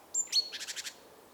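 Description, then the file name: Great tit call: two thin high whistled notes followed by a quick run of a few buzzy churring notes, with a faint extra note near the end. "Parus major"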